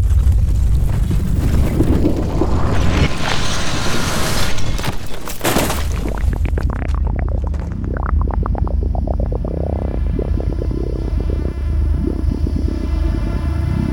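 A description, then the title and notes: A cinematic drone with a deep, constant rumble underneath. A hissing riser swells and brightens over the first five seconds, then cuts away around six seconds into a run of quick, pulsing synth chirps and sweeps that repeat over the steady low hum. Spectral Line - Cinematic Trailer Sounds. Ambiences, evolving soundscapes, nervous drone sounds, cinematic SFX, impacts, meticulously recorded synth sequences, textures, energetic transitions.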